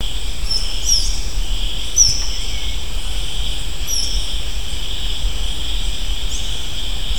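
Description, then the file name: Blue-backed tanager song: several thin, very high, sharply descending whistled notes at uneven intervals, then a fainter one after a longer gap, over a steady high drone and low rumbling background. Recorded at Montagne de Fer, French Guiana. "tangara cyanictere montagne de fer"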